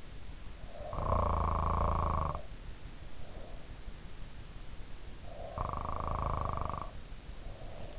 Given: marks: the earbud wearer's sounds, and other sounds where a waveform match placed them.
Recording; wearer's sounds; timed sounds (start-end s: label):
sounds in sleep by an in-ear microphone; snoring breath
0.62-2.59 s: snoring breath
5.16-7.99 s: snoring breath